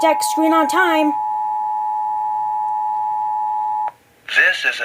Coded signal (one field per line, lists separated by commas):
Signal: Emergency Alert System (SAME) tones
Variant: 853 and 960 Hz attention tone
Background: speech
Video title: The National EAS Test of 10/4/23